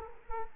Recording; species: mosquito wingbeat signal from an infrared sensor; Culex quinquefasciatus